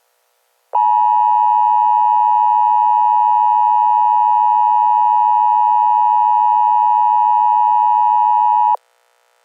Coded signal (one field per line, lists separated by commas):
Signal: Emergency Alert System (SAME) tones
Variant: 853 and 960 Hz attention tone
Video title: EAS SCENARIO 1- Armageddon is Here